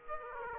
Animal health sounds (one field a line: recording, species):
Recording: mosquito wingbeat signal from an infrared sensor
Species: Aedes aegypti